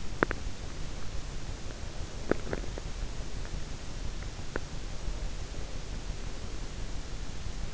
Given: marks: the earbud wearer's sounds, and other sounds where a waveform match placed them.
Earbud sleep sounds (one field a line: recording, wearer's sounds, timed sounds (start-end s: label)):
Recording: sounds in sleep by an in-ear microphone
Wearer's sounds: teeth grinding, breath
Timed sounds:
0.00-2.90 s: teeth grinding
1.47-4.97 s: breath
5.23-7.38 s: breath